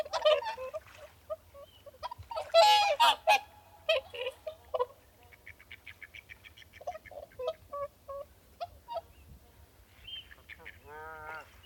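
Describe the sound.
Whooper swans giving bugling, nasal honks in irregular bursts, several birds overlapping, loudest around three seconds, ending with a wavering, rising and falling trumpet note.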